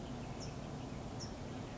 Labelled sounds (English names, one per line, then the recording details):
California Towhee
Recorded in Sonoma County, California